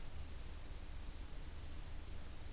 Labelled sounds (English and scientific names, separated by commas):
none